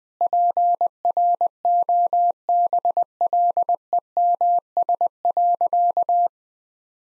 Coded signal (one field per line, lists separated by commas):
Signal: Morse code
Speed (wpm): 21 wpm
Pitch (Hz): 700 Hz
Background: none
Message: PROBLEMS.